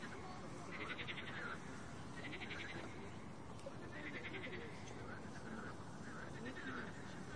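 Frogs giving short pulsed rattling croaks in bursts of under a second, repeated every one to two seconds, over a constant low rumbling background.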